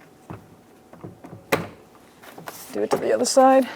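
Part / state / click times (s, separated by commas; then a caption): lift gate light connector into lamp socket / seated / 1.5 s. A lift gate light plug on a 2011-2021 Jeep Grand Cherokee inner taillight is pushed into its lamp socket until it clicks. Soft handling knocks lead up to a sharp plastic snap at 1.5 s, after which someone talks. The connector is seated.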